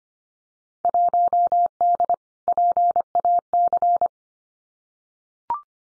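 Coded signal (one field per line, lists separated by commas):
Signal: Morse code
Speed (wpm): 25 wpm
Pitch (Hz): 700 Hz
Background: none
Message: 1D PAC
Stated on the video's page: Morse drill of randomly selected Field Day contest exchanges at 25 wpm for head-copy practice, each sent twice.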